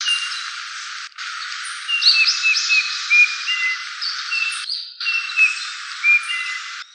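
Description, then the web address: Eurasian bullfinch calls: soft, short piping whistles, several in a row at irregular intervals, over a steady hiss with brief gaps. Recorded 28 November 2016. "birdenaga uso 161128"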